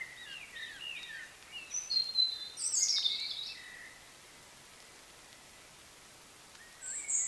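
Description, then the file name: European robin song: soft descending warbles building to a high, sharp, tinkling phrase, then quiet before a thin whistled note at the end. "Erithacus rubecula"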